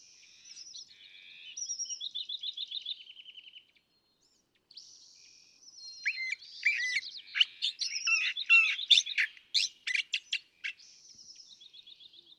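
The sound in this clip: California thrasher song: fast repeated notes, a brief pause, then a loud burst of varied harsh and sharp notes, closing with softer notes.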